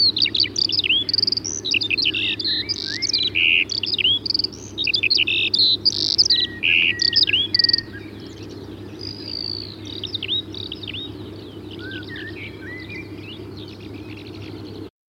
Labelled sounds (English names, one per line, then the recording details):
Eurasian Skylark song
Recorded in the wild
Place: Oderberg, Brandenburg, DE
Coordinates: 52.892, 14.056
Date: 1984-05-15 08:04
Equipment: Nagra III BH, Sennheiser MD 21, parabola
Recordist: Schubert, Michael
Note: Gesang Feldlerche sehr konkret, aber leichte Störungen im Hintergrund